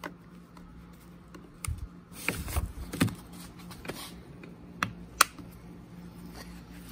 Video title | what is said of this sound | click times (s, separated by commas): Chainsaw Won't Start - Chainsaw Purge Pump - Primer Bulb and Air Filter Replacement - Echo CS305 | right with that snapped into place I can | 4.8 s, 5.2 s